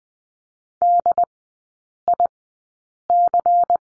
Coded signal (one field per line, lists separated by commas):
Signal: Morse code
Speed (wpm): 20 wpm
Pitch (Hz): 700 Hz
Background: none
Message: DIC